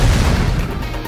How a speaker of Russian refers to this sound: Секундой позже оглушительный взрыв на несколько секунд лишил меня слуха.